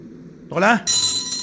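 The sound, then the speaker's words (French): A short voiced sound with gliding pitch, then a small hand bell rings out continuously, a bright, high, shimmering jingle that holds steady at moderate loudness until the end. “Et ma sonnette ne fait pas assez de bruit.”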